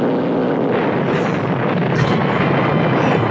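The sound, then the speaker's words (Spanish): A loud, sustained explosion roar fills the whole clip, a dense rumbling blast of noise that holds steady for about three seconds without fading, with no voices present; the blast is centred on someone's face. “Explosión en el epicentro de la cara.”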